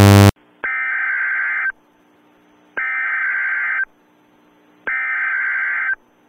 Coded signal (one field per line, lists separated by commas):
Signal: Emergency Alert System (SAME) tones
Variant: header bursts